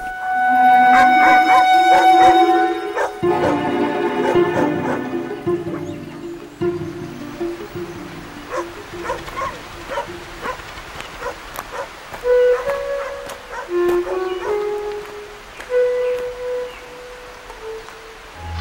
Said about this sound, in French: Alors on entend les chiens, combien il y a de chiens ici ? Alors les chiens, on en a quelques-uns parce que les animaux, on les a jusqu'à la fin de leur vie.